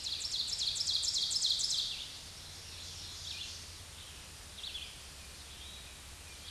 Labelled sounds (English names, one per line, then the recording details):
Ovenbird song
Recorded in a Pennsylvania forest on 16 May 2024 at 07:34
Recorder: AudioMoth, point MSD-2146
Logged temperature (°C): 16.7 °C
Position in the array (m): 169 m, -27 m